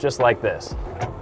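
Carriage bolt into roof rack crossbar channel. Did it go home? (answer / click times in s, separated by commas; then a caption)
no / none. A metal carriage bolt passed through the shelf of a VanUp box, part of a Razor Rack box mounting kit for a Promaster or Transit van, is being lined up and pushed into the channel of the roof rack crossbar while someone talks. Faint handling noise sits under the voice, and the bolt has not popped into place or seated flush yet.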